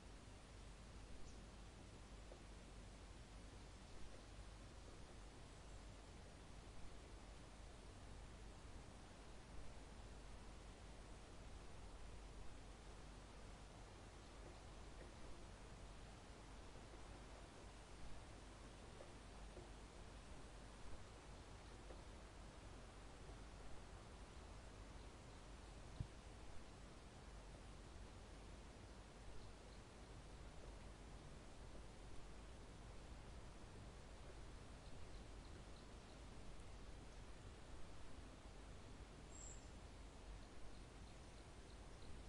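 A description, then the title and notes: Summer wind moves steadily through a forest, a dense, even rush with a deep low rumble and faint brief gusts throughout. Summer Forest Winds. A hot summer's day, with a gentle breeze flowing through the air as you trail through the forest.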